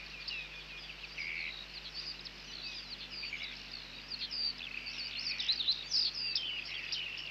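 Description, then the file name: Bearded reedling calls: a continuous jumble of high pinging and twittering notes, growing busier toward the end, over soft background hiss. "Bearded Tit (Panurus biarmicus)"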